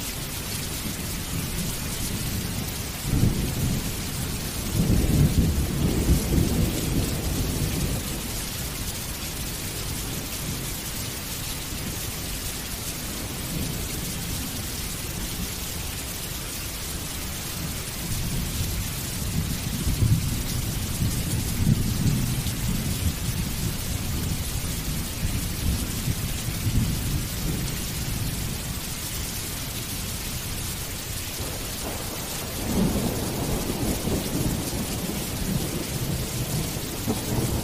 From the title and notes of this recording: Heavy Rain and Deep Thunder Sounds - Torrential Rain Sounds.